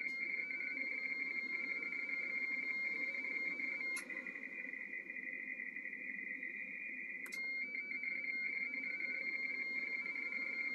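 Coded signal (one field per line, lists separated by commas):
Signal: RTTY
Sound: steady warbling two-tone chatter, rapidly switching between two close pitches, with two sharp clicks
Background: radio static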